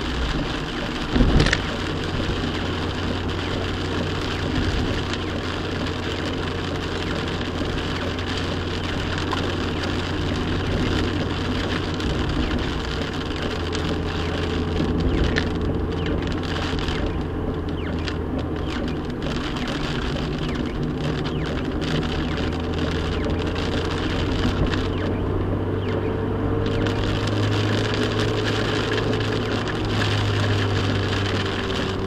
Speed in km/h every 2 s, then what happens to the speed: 52, 52, 53, 50, 52, 52, 48, 47, 45, 42, 44, 44, 47, 58, 60, 55.
0-10 steady at about 52. 10-19 slows to 42. 19-26 speeds up to 58. 26-32 steady at about 58.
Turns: none.